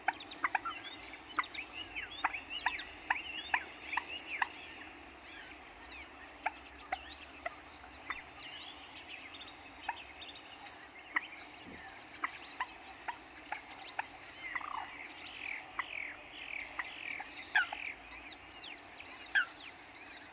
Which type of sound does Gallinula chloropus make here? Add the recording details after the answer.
call. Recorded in the wild. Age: adult. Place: Auweiher Wört, Baden-Württemberg, DE. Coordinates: 49.0394, 10.2489. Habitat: Weiher. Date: 1972-04-13. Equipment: Uher Report 4200, Scotch-Classic 19cm, AKG D190C in Doppelparabolreflektoren. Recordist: Krey, Winfried